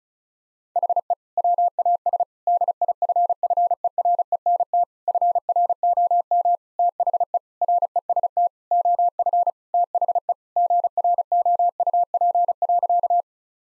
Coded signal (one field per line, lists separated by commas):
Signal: Morse code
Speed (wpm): 34 wpm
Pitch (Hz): 700 Hz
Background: none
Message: HE WAS DIFFERENT FROM THE REST OF THE GROUP.